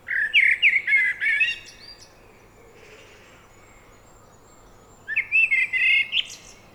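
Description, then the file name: Eurasian blackbird singing a rich, warbled phrase that closes in squeaky high notes, then a quiet gap before another mellow, fluting phrase begins. "Turdus merula"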